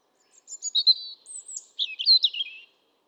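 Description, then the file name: European robin with two short high phrases of wavering, squeaky whistles separated by a brief gap. "Erithacus rubecula"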